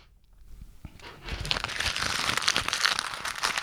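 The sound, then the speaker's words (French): A laminated customs form is crumpled into a ball in the hands: after a quiet start, a dense, crackly run of stiff plastic crinkles grows louder and keeps going steadily, bright and hissy, with no voices. “Je peux pas déchirer parce qu'elle est plastifiée.”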